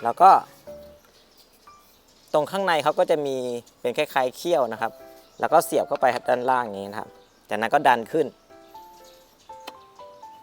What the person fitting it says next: เขาก็จะเข้าล็อคพอดีครับ